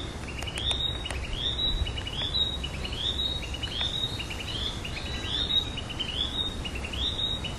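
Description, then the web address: Narcissus flycatcher song: a high phrase of lower notes rising to a sharp high note, repeated many times without pause, over steady background noise. "udragon kibitaki"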